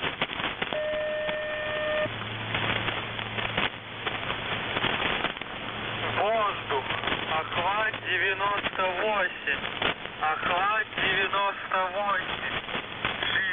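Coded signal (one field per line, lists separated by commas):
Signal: coded military voice message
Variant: The Goose, Russian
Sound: a short steady tone, intermittent low hum, then a voice reading a message over radio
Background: radio static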